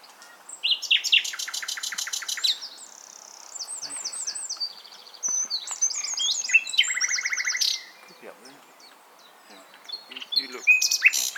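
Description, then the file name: Common nightingale song: bursts of rapid trilled notes and varied whistles. "Luscinia megarhynchos"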